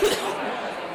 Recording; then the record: coughing mixed with background sound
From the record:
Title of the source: 30 Chesty and wet cough